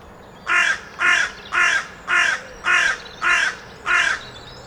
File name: Corvus corone